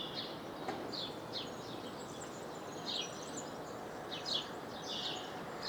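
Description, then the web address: House sparrow chirping: quick, high chirps repeated irregularly over constant background noise. "SETE data Passer domesticus"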